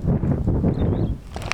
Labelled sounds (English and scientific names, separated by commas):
Superb Starling (Lamprotornis superbus) flight call